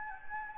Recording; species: mosquito wingbeat signal from an infrared sensor; Anopheles gambiae